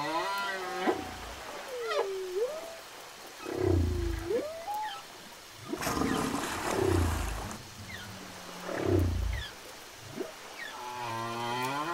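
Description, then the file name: Whale song of rising and falling whistled moans with several low grunting pulses, ending in a wavering harmonic tone. "chant des baleines"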